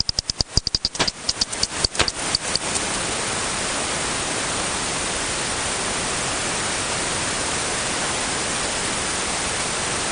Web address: bat 20201003 T 18 : 42 Z- front-window-Batbox-Duet-20 k Hz-het